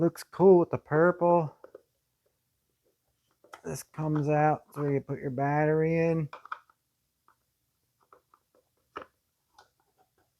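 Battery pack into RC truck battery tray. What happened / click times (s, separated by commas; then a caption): Battery pack handled into its tray, not yet seated / none. Someone talks, then removes part of the battery hold-down on an ARRMA Quake brushless 2WD RC truck and handles the battery pack into its battery tray. Faint ticks and taps follow from about 8.1 s, with the loudest sharp tick at about 9.0 s. Nothing has seated or clicked yet.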